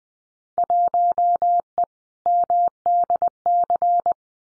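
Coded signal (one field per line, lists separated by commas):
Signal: Morse code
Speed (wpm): 20 wpm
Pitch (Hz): 700 Hz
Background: none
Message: 1E MDC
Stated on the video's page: Simulated Field Day contest exchanges in Morse at 20 wpm for head-copy practice, each sent, spoken, then sent again.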